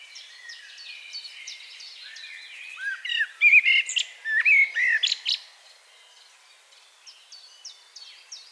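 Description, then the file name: Common blackbird song: a loud phrase of warbled, downslurred notes and sharp twitters in the middle, with softer high twittering before and after. "Turdus merula"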